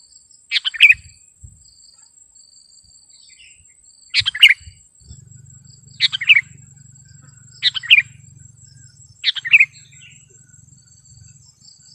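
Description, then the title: Sooty-headed bulbul song, short bubbly phrases repeated several times at uneven intervals, with a low humming rumble partway through and a steady high whine. "kutilang"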